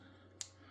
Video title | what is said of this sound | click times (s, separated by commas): E46 Chassis Harness # 128 | You hear the little click click. | 0.4 s